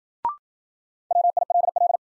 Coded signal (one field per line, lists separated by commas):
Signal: Morse code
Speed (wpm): 55 wpm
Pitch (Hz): 700 Hz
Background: none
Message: WILL